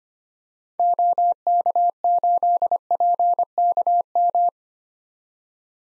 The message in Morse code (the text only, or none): OK8PKM